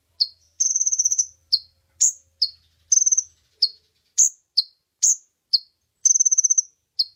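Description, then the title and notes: Oriental magpie-robin song: sharp high chips mixed with quick trilled phrases and whistles, a lively varied sequence. Champion bird singing vigorously. "Kacer Juara Gacor. Kumpulan Suara Burung Masteran Pilihan"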